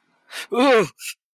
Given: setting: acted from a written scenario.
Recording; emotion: vocal sound without words; fear